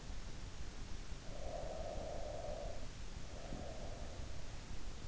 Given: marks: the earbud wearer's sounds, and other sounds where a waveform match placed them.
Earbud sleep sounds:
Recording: sounds in sleep by an in-ear microphone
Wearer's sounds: breath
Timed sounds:
1.16-4.10 s: breath

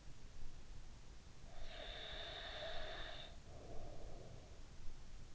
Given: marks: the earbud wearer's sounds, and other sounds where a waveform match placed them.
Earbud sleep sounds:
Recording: sounds in sleep by an in-ear microphone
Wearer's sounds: breath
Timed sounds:
0.76-4.98 s: breath

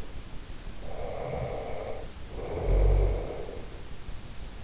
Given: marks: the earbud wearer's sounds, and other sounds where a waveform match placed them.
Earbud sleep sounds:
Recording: sounds in sleep by an in-ear microphone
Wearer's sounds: snoring breath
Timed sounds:
0.89-3.72 s: snoring breath

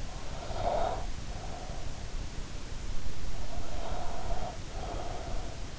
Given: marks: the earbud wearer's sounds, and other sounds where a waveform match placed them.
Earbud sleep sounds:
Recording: sounds in sleep by an in-ear microphone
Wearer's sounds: breath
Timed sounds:
0.05-2.04 s: breath
3.35-5.41 s: breath

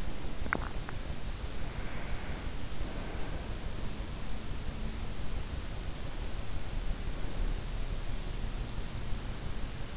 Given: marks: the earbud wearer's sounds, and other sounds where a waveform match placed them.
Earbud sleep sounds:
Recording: sounds in sleep by an in-ear microphone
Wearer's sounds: teeth grinding, breath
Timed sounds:
0.00-1.01 s: teeth grinding
1.88-3.66 s: breath
5.64-7.95 s: breath

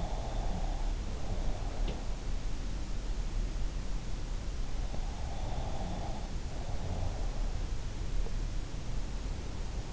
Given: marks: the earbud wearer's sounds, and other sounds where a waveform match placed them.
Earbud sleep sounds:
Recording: sounds in sleep by an in-ear microphone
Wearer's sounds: breath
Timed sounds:
0.00-1.88 s: breath
5.30-7.38 s: breath

